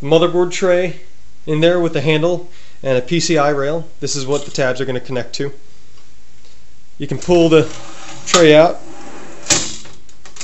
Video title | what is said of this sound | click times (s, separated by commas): CaseSummaryAndBreakdown | it snaps in place holds out for easy maintenance those were rails are really useful | 10.4 s